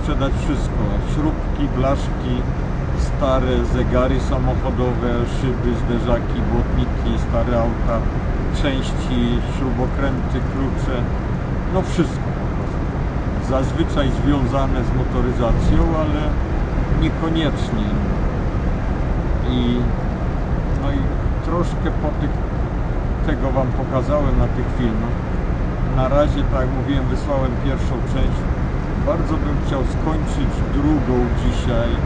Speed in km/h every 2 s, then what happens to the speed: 80, 82, 83, 83, 82, 82, 84, 85, 84, 83, 80, 76, 77, 81, 84, 86.
0-15 steady at about 82. 15-23 slows to 76. 23-32 speeds up to 86.